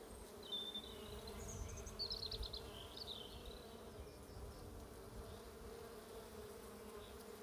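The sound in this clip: Bees buzzing in a steady low drone throughout.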